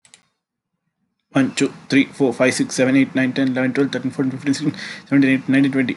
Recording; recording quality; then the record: counting at a fast pace; excellent, no background noise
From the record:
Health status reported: healthy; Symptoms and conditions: asthma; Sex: male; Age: 22 years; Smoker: not ticked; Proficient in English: yes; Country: India